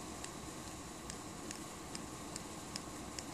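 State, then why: Partly seated. A finger presses the steel frame lock of a Kershaw Emerson CQC-4K folding knife where it wedges against the blade tang, producing sharp, faint clicks at 0.2, 1.1, 1.5, 2.4, 2.8 and 3.2 seconds over a steady background hiss. With each press and release, the lock shifts and springs back as if unlocking, so the lockup is not solid, seemingly a quality control issue.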